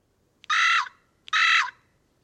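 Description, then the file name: Carrion crow producing two hoarse caws in quick succession, each abrupt and rough-toned, against quiet low-level background noise. "Corvus corone"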